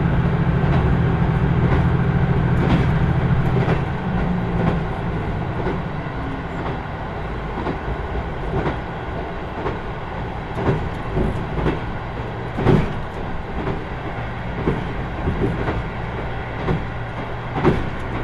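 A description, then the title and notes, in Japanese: A train climbs a steep mountain grade, its steady low rumble broken by frequent sharp wheel clicks and squeals, with a deeper engine drone early on. 豊肥本線 九州横断特急3号 立野→宮地。立野を出るとスイッチバックで逆走していき、再度向きを変えて阿蘇の急峻な坂を上がっていきます。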